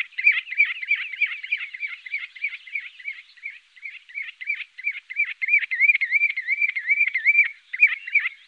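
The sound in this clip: Common ringed plover song: a fast, rolling run of undulating whistled notes, continuous and rhythmic throughout, with no other sounds.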